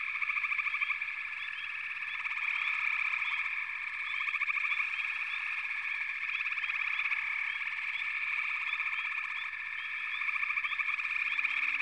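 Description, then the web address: Frogs calling in a dense, steady chorus of many overlapping pulsed trills forming an unbroken buzzing texture. "Sleep Sounds of Nature FROGS. Frog Chorus"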